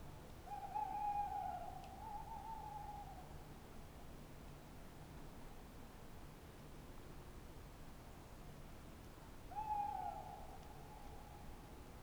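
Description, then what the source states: Tawny owl hooting, two drawn-out low hoots about nine seconds apart, the first long and wavering near its end, over a quiet night background. Tawny owl at night on wooded banks of the Dordogne near Limeuil, France, under a starry sky; end of Cadouin festival; recorded with Sonosax SX-R4+ and DPA 4022 microphones.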